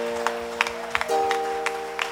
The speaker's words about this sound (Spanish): ¿Cuántos están en victoria? Vamos a dar un fuerte aplauso de victoria en esta noche.